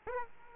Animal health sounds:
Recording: mosquito wingbeat signal from an infrared sensor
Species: Aedes aegypti

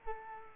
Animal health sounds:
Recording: mosquito wingbeat signal from an infrared sensor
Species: Culex quinquefasciatus

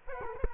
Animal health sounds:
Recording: mosquito wingbeat signal from an infrared sensor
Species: Culex quinquefasciatus

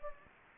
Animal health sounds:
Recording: mosquito wingbeat signal from an infrared sensor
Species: Anopheles gambiae

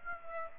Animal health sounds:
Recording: mosquito wingbeat signal from an infrared sensor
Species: Aedes aegypti

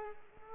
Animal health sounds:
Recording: mosquito wingbeat signal from an infrared sensor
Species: Culex pipiens

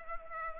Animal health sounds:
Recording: mosquito wingbeat signal from an infrared sensor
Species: Culex pipiens

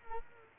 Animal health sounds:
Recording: mosquito wingbeat signal from an infrared sensor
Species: Culex quinquefasciatus

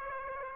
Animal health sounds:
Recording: mosquito wingbeat signal from an infrared sensor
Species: Aedes aegypti

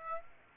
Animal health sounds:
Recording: mosquito wingbeat signal from an infrared sensor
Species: Aedes aegypti

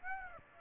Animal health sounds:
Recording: mosquito wingbeat signal from an infrared sensor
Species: Aedes aegypti

